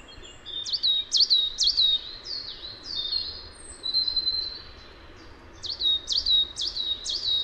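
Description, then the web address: Coal tit calling: thin, high downslurred notes in quick bursts, a short pause in the middle, then another run of sharp notes. Recorded at Valsolda. "cibra valsolda. Cincia mora"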